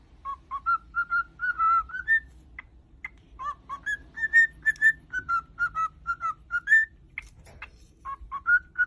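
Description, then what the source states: Cockatiel whistling a long series of short clear notes, some rising, with brief chirps mixed in. Several cockatiels singing and whistling.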